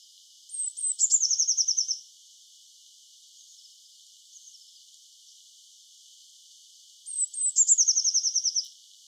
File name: Cyanistes caeruleus